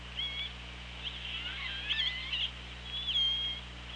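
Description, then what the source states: Orca calls, a run of overlapping high whistles and tones that bend up and down, over constant underwater hiss and hum. OrcaLab hydrophone, 24 August 2017 at 16:03:43.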